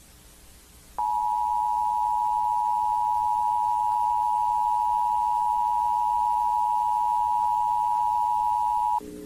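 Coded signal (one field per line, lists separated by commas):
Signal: Emergency Alert System (SAME) tones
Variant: 853 and 960 Hz attention tone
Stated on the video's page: Fictional EAS scenario; simulated emergency alert broadcast, not real.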